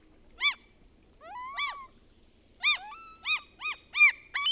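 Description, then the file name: Common gull giving sharp arched mewing calls, single notes spaced about a second apart at first, then quickening into a run of rapid yelps. "KALALOKKI"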